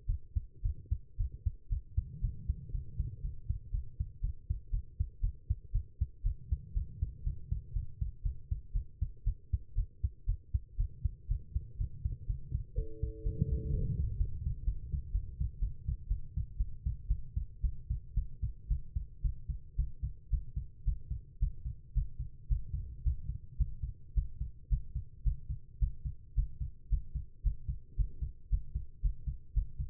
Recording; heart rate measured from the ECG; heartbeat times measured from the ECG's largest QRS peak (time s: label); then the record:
heart sounds by stethoscope; 116 bpm
0.06 s: heartbeat
0.62 s: heartbeat
1.17 s: heartbeat
1.69 s: heartbeat
2.21 s: heartbeat
2.72 s: heartbeat
3.22 s: heartbeat
3.71 s: heartbeat
4.21 s: heartbeat
4.71 s: heartbeat
5.21 s: heartbeat
5.72 s: heartbeat
6.23 s: heartbeat
6.74 s: heartbeat
7.24 s: heartbeat
7.73 s: heartbeat
8.23 s: heartbeat
8.73 s: heartbeat
9.24 s: heartbeat
9.75 s: heartbeat
10.26 s: heartbeat
10.77 s: heartbeat
11.28 s: heartbeat
11.78 s: heartbeat
12.27 s: heartbeat
12.75 s: heartbeat
13.23 s: heartbeat
13.71 s: heartbeat
14.18 s: heartbeat
14.65 s: heartbeat
15.12 s: heartbeat
15.60 s: heartbeat
16.08 s: heartbeat
16.58 s: heartbeat
17.08 s: heartbeat
17.62 s: heartbeat
18.15 s: heartbeat
18.68 s: heartbeat
19.22 s: heartbeat
19.76 s: heartbeat
20.30 s: heartbeat
20.85 s: heartbeat
21.40 s: heartbeat
21.94 s: heartbeat
22.49 s: heartbeat
23.04 s: heartbeat
23.58 s: heartbeat
24.15 s: heartbeat
24.69 s: heartbeat
25.24 s: heartbeat
25.79 s: heartbeat
26.35 s: heartbeat
26.90 s: heartbeat
27.43 s: heartbeat
27.97 s: heartbeat
28.50 s: heartbeat
29.02 s: heartbeat
29.54 s: heartbeat
From the record:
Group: healthy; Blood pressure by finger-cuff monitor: 112/74 mmHg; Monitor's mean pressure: 87 mmHg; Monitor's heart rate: 111 bpm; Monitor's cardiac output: 8.6 L/min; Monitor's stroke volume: 78 mL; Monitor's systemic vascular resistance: 740 dyn s/cm5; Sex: female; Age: 19 years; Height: 163 cm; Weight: 51 kg